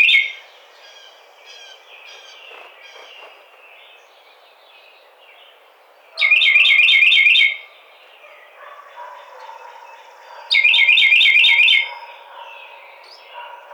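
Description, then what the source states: Carolina wren song: two bursts of loud, rapidly repeated rolling phrases a few seconds apart, with softer bird notes between them. Recorded 30 April 2009.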